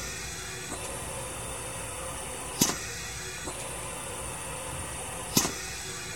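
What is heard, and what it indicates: A steady mechanical hiss with a repeating cycle: a soft click starts a high whine, then a sharp puff-and-click follows about two seconds later. Two full cycles repeat roughly every 2.8 seconds as a hospital ventilator compressor primes up.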